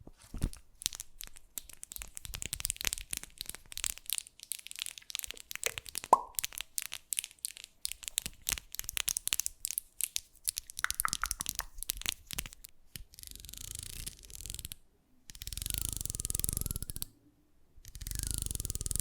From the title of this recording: ASMR Fast Changing Unpredictable Triggers